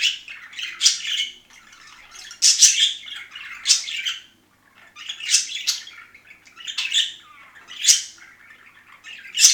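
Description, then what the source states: Budgerigar warble song, a busy stream of rasping chatter and high squeaks rising into louder bursts roughly every one to two seconds, with a brief pause midway. Several budgerigars, singing.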